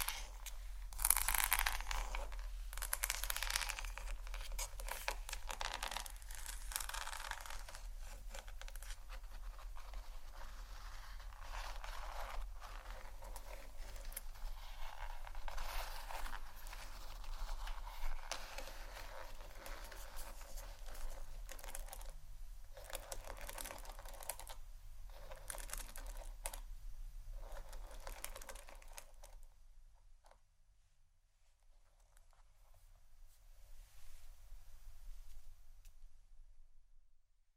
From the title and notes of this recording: ASMR Hair Brush & Comb Sounds （No Talking）.